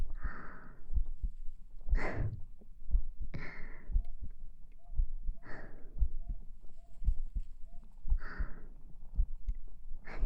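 A woman's normal adult heartbeat in an ASMR roleplay, slow at about 58 beats per minute, with soft breathy sounds between the beats.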